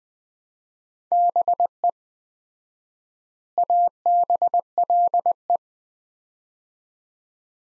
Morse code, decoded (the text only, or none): BE ABLE